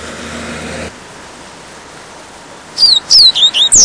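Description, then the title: Double-collared Seedeater song: after a quiet start, a short, fast burst of high whistled notes near the end. "Canto Coleiro"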